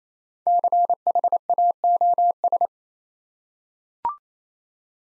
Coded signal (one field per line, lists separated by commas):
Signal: Morse code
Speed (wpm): 27 wpm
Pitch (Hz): 700 Hz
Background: none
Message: CHAOS